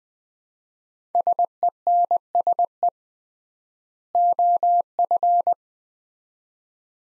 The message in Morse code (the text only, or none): SENSE OF